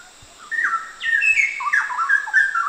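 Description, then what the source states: Straw-headed bulbul giving a short, fluty warbled phrase of slurred whistles that jumps up, then wanders down, with a faint steady high hum behind. Recorded at Danum on 1 August 2009.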